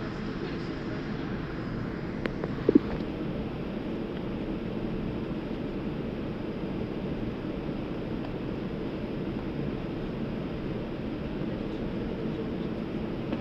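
An airplane waiting for departure sits under a steady, dense engine rumble, strongest in the low and low-middle range and barely changing over the whole stretch. Around the two-to-three second mark a couple of short sharp clicks or knocks stand out briefly above the drone.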